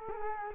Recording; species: mosquito wingbeat signal from an infrared sensor; Culex quinquefasciatus